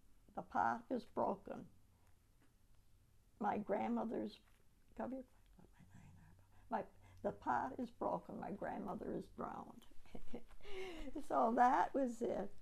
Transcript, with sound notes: the pot is broken, my grandmother's co--. [Whispers] The pot is broken, my grandmother is drowned.' [Laughs] So that was it.